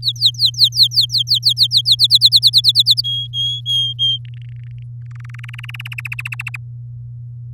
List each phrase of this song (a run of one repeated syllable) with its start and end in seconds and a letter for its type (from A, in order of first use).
0.02-1.95 A, 1.99-3.02 B, 3.04-4.18 C, 4.25-4.83 D, 5.05-5.95 E, 5.98-6.57 F